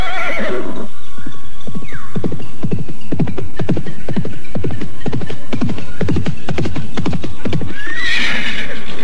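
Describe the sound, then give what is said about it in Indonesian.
A horse named Tunggul gives a shrill whinny, then hooves clop in a steady, rapid rhythm before another high neigh rises at the end. Loud and clear, with no voices. “Benar-benar kuda yang hebat.”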